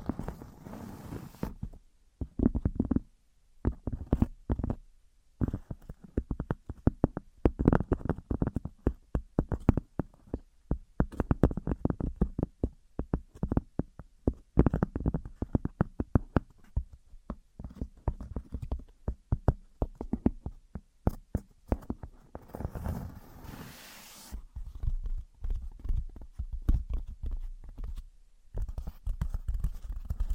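Objects of wood, cork, sponge, foam, glass and plastic are knocked and handled in quick, uneven runs of short taps and clunks, mostly low and dull with some brighter clicks. Brief pauses break the tapping, and hissy rubbing bursts appear at the start and near 23 seconds.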